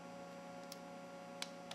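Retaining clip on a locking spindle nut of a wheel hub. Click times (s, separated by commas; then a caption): 1.4 s. A metal retaining clip is fitted over the washer on a locking spindle nut of a truck wheel hub, with sharp metallic ticks at 0.7 s, 1.4 s and 1.7 s over a steady hum. The loudest tick, at 1.4 s, is the clip snapping into place, and the clip is seated and locked.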